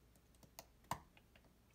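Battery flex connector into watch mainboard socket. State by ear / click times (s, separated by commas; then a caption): seated / 0.9 s. On a second try, the replacement battery's flex connector for a Garmin Fenix 5X is pressed onto the socket on the watch mainboard. Faint ticks come at about 0.4 and 0.6 s, then one sharp, bright click at 0.9 s, followed by a few soft taps. The connector seats with that click at 0.9 s.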